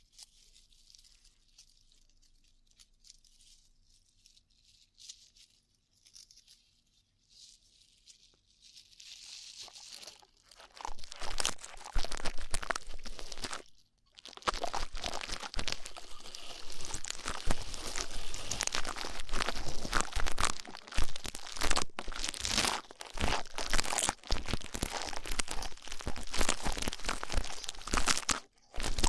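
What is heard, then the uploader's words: Rough ear cleaning. For the first ten seconds there are only faint, sparse scratches. After that come dense, loud crinkling and crunching rubs with brief pauses, the loudest near eleven seconds and again from fifteen seconds to the end. ASMR Rough Ear Cleaning (No Talking).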